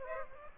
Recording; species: mosquito wingbeat signal from an infrared sensor; Aedes aegypti